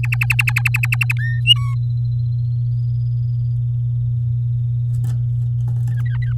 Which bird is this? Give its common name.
Domestic Canary